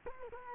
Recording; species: mosquito wingbeat signal from an infrared sensor; Culex quinquefasciatus